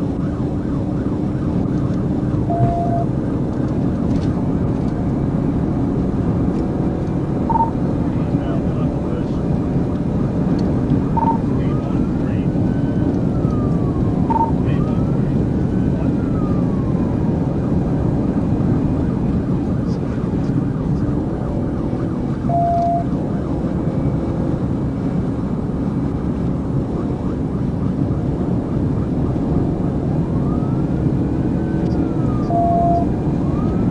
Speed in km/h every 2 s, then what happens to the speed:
206, 208, 216, 221, 224, 225, 225, 222, 224, 222, 206, 209, 211, 212, 216, 219, 222.
0-9 speeds up to 225. 9-18 steady at about 224. 18-20 brakes to 206. 20-34 speeds up to 222.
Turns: none.